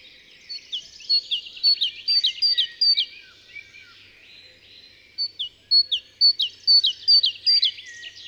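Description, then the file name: Great tit calling, two bursts of quickly repeated sharp high chirps and downslurred notes, separated by a pause. "Parus major"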